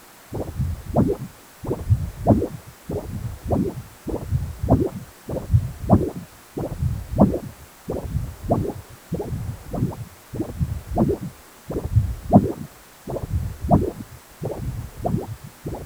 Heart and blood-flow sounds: Doppler ultrasound of blood flow; precordium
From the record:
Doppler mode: continuous wave and pulsed wave in the uncut recording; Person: healthy adult, 18 to 50 years, no heart murmur, not diving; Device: 2.5 MHz transducer

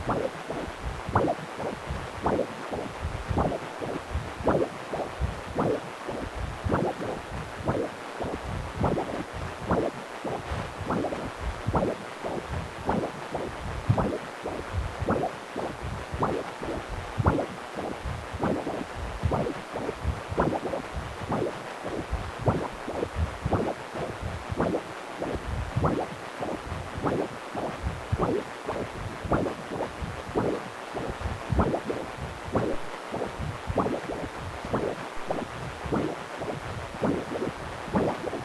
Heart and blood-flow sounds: Doppler ultrasound of blood flow; precordium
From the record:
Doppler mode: continuous wave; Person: healthy adult, 18 to 50 years, no heart murmur, not diving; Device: 2.5 MHz transducer

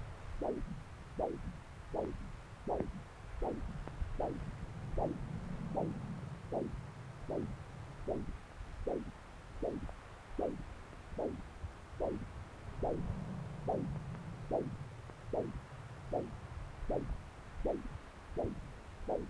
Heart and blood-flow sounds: Doppler ultrasound of blood flow; right subclavian vein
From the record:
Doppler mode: continuous wave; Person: adult scuba diver, at rest before a dive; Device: O'Dive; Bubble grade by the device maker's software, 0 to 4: 0

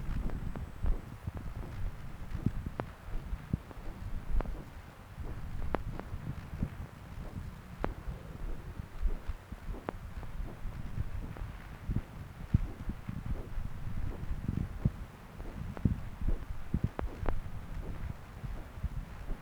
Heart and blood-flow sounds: Doppler ultrasound of blood flow; left subclavian vein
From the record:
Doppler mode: continuous wave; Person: adult scuba diver, at rest before a dive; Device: O'Dive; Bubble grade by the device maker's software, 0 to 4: 0

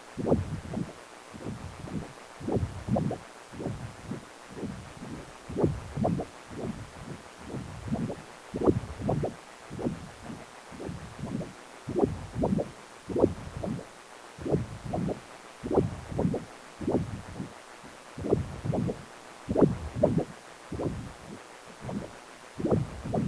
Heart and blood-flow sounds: Doppler ultrasound of blood flow; precordium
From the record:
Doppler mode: continuous wave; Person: healthy adult, 18 to 50 years, no heart murmur, not diving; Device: 2.5 MHz transducer

